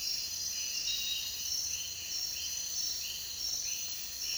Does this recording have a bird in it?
no